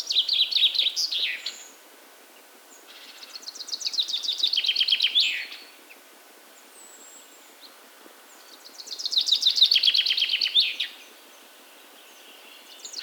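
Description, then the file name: Common chaffinch song: three rapid, tumbling trills ending in flourishes, spaced several seconds apart, with another phrase starting at the end. "Fringilla coelebs"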